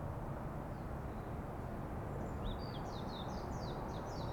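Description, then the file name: Bird song begins midway, a quick run of high, falling chirped notes over a continuous low rumbling hum. Birds singing in a forest. "singing birds in the forest"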